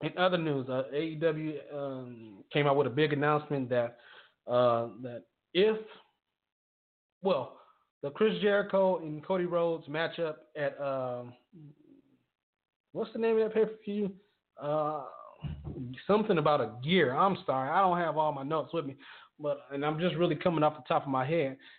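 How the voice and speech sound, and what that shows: An adult man, a radio host, talks about wrestling news with frequent breaks in flow: stretched "uh" sounds, silent gaps of over a second mid-phrase, and a restarted phrase. This is disfluent speech of a lifelong adult stutterer, with blocks and prolongations between stretches of fluent talk.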